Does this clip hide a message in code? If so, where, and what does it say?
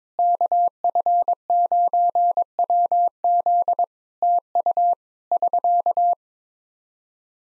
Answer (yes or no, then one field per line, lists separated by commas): yes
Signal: Morse code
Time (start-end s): 0.2-6.1 s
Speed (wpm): 21 wpm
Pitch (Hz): 700 Hz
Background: none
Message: KF9WZ TU <SK>